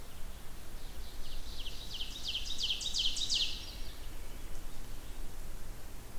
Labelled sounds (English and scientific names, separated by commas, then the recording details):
Ovenbird (Seiurus aurocapilla) song
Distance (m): 45 m
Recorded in boreal forest in Alberta, Canada, on 16 June 2016 at 05:32
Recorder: SongMeter 3, array SBT-3-32
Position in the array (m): 103 m, 141 m
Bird 37